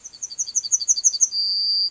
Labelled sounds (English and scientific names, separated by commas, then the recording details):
Yellowhammer (Emberiza citrinella) song
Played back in grassland
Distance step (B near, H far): C
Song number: 121